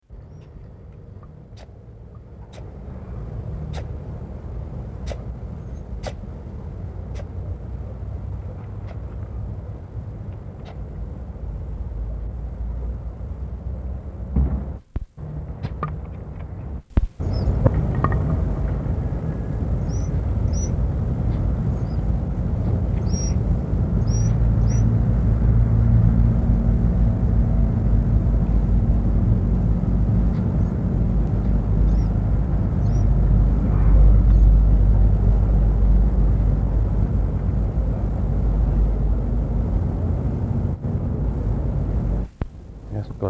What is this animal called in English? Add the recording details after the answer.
Golden Jackal. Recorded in captivity. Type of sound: snuffle. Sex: male. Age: adult. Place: Tierpark Berlin, Berlin, DE. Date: 1961-10-04 18:15. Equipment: Minifon, Kopie Smaragd. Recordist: Tembrock, Günter. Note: Goldschakal. Schnauflaute des Männchens gegen Beobachter, Männchen flüchtet dann in die Kiste